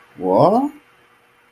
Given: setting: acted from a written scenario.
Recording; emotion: vocal sound without words; confusion